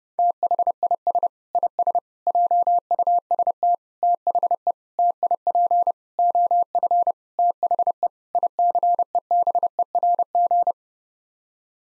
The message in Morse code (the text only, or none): THIS IS JUST THE TIP OF THE ICEBERG